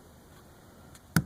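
A wiring harness plug is pushed onto the driver-side power door lock actuator of a 2004 Honda Odyssey during reassembly inside the door. After quiet low background noise and a faint tick near 1.0 s, a single sharp snap comes at 1.2 s as the connector clicks in and seats.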